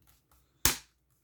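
During reassembly after an analog joystick replacement, a stiff plastic shell part is worked onto a Nintendo Switch Lite's frame. Faint handling rustles come first, then a single sharp, loud snap at 0.7 s that quickly decays. The shell part snaps home and is seated.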